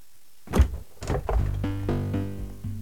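A refrigerator with a broken freezer compartment has its door opened with a couple of dull thunks and a soft rattle, followed by a low, steady electrical hum that shifts slightly in pitch; no one speaks.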